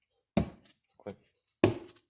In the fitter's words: hey you can feel it clicking in click